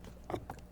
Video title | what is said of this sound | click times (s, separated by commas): Add Footwell Lights or Change Color Prius Gen 5 2023 - 2026 | Snap those into place. | 0.3 s, 0.5 s